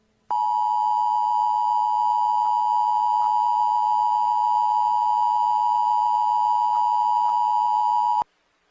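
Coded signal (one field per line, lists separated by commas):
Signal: Emergency Alert System (SAME) tones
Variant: 853 and 960 Hz attention tone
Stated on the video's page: Mock-up of a failed Required Monthly Test.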